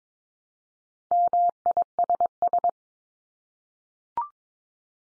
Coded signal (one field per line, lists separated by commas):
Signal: Morse code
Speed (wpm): 22 wpm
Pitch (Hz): 700 Hz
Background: none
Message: MISS